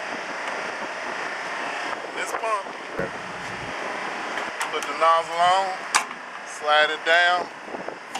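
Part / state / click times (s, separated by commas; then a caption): CNG pump nozzle onto vehicle fill receptacle / not seated / none. Someone talks while putting the metal CNG pump nozzle onto the fill receptacle of a 2013 CNG Chevy Silverado 2500HD truck and sliding its collar down, over a steady broadband hum with brief handling clatter. The clip ends before the nozzle locks onto the receptacle, so nothing has seated or clicked yet.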